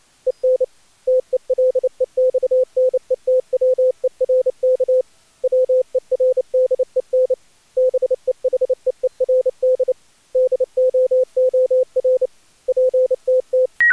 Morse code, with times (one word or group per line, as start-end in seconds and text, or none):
0.3-0.6 EN
1.1-5.0 TELEXNETWERK
5.4-7.3 WERDEN
7.8-9.9 BEHEERD
10.4-12.3 DOOR
12.7-13.7 PTT